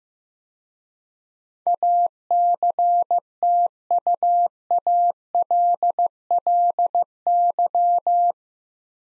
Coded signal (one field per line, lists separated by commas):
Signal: Morse code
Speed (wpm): 15 wpm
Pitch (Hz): 700 Hz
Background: none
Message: ACTUALLY